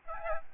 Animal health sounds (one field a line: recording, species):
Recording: mosquito wingbeat signal from an infrared sensor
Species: Aedes albopictus